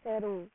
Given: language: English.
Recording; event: throat vibration sensor signal played as sound; speech